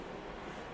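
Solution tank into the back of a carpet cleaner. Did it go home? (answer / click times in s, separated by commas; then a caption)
no / none. A plastic solution tank for a Hoover Smartwash Pet Complete carpet cleaner is turned upside down and pushed onto the back of the machine. A steady broadband rushing noise runs through the whole 0.8 seconds with no sharp transients. Nothing has seated or clicked yet.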